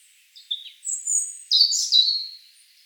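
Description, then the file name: European robin phrase with a short thin note, a clear sustained high whistle, then a bright warbled flourish trailing off. "Erithacus rubecula"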